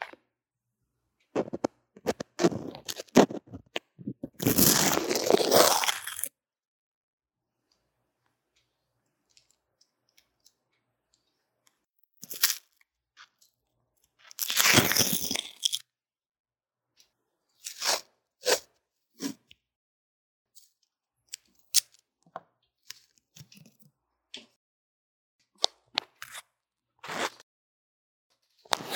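Drawing and makeup sounds picked up by an earphone mic: dry scratches, taps and clicks come in scattered bursts with long silent gaps. Two louder, longer rustling scrapes stand out, near 5 seconds and around 15 seconds, then short crisp ticks follow sporadically.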